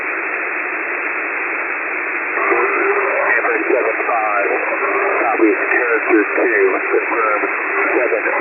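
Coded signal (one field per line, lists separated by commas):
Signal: coded military voice message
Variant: HFGCS Emergency Action Message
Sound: muffled single-sideband voice reading through steady shortwave hiss, words indistinct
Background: radio static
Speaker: as soon as I heard Sky King, Sky King, I was like, "Oh, damn. I got to record this." And I got my screen recorder and I started recording, but I missed the beginning. I'm going to see if somebody else has the actual Sky King part. But let's take a listen.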